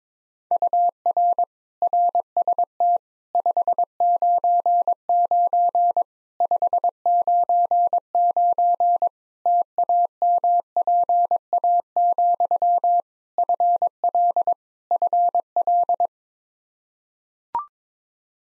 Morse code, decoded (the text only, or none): UR RST 599 599 TAMPA, FL FL